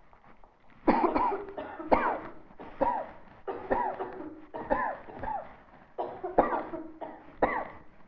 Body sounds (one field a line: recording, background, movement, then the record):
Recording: voluntary coughing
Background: a bystander coughing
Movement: sitting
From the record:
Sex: female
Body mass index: 36.4 kg/m2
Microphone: on the chest, facing the body